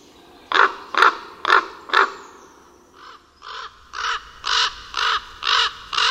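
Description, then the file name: Common raven croaking: four loud harsh calls, a brief pause, then a softer run of seven hoarse croaks at a steady rhythm. "Kruk"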